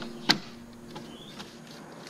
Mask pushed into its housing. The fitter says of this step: push until you hear the click.